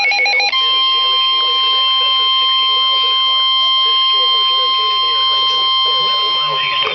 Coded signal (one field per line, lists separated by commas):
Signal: Emergency Alert System (SAME) tones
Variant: 1050 Hz attention tone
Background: speech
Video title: EAS Alert #125 - Severe Thunderstorm Warning #4 8/2/11